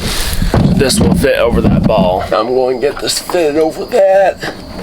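A ball-socket fitting is handled over a ball stud on a truck camping setup while someone talks, with faint background noise throughout. Nothing has seated or clicked yet; the fitting is not yet home.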